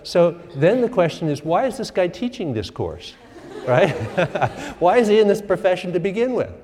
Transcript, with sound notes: So then the question is why is this guy teaching this course? [laughter] Right? [laughs] Why is he in this profession to begin with?